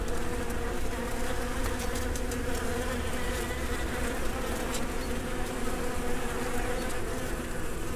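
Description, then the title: Bee hum, a continuous many-toned drone, even in strength from start to finish, with faint clicks and rustles above it. Recorded between 2010 and 2012 during professional travels. "Abeilles"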